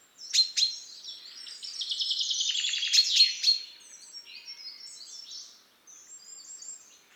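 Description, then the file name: Common chaffinch song: a few bright notes, then a descending rattling trill ending in a sharp flourish, followed by softer twittering. "Fringilla coelebs"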